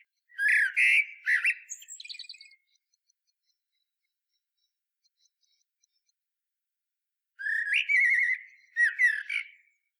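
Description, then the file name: Common blackbird delivering two loud song phrases about seven seconds apart, each a quick run of rich warbled notes with high, scratchy twitters. "Turdus merula"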